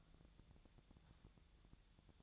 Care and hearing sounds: daily activity, microphone in the room; take from stove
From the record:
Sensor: 3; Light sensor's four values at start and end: 8/18/7/7 and 8/18/7/7

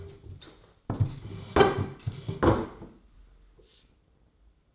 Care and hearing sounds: daily activity, microphone in the room; sit down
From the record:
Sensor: 3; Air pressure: 996.0 hPa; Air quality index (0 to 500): 245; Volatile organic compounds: 1000 ppm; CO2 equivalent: 6270 ppm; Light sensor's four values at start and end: 36/87/38/41 and 39/94/41/44

